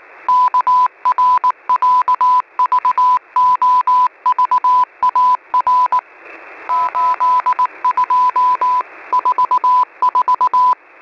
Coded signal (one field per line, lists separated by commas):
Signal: Morse code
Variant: Russian alphabet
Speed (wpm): 19 wpm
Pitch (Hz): 1000 Hz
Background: none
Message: КРЯЖОЖАР 8244